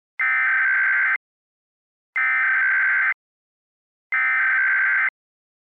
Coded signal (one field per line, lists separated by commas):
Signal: Emergency Alert System (SAME) tones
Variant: header bursts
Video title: EAS MOCK #23: "National Periodic Hell"